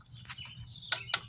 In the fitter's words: Alright, once you hear it click, double check and you're done.